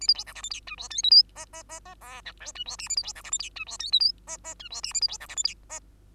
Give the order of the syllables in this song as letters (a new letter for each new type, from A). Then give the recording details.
A B C D E F G H I J K L M M M M N O P H I Q A B C D E F G H I J K L M M H I Q A B C D E F G M. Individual Bird2